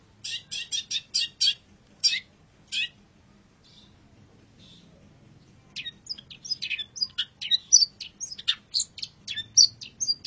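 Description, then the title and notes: Long-tailed shrike song opening with a series of harsh, scratchy bursts, a brief quiet gap, then a rapid jumble of sharp high chirps and whistled notes. Indonesian masteran (tutor) song of the long-tailed shrike. "Masteran Burung Cendet"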